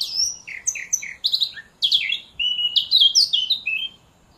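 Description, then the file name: Eurasian blackcap song, a fast run of varied warbled and whistled notes, some high and thin, some lower and fuller, with brief pauses between phrases. "Sylvia atricapilla"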